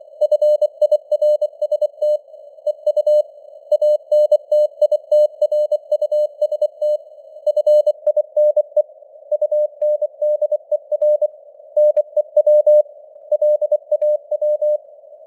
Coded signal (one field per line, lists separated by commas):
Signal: Morse code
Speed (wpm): 24 wpm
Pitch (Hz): 600 Hz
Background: none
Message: FIRST EU ANTITRUST FINE UNDER NEW LAW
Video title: Morse Code News | 26.09.2025 | 24wpm